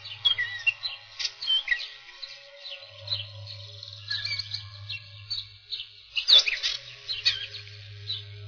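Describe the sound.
Catbird song: a jumbled run of varied squeaky, chattering and whistled notes, continuous and irregular.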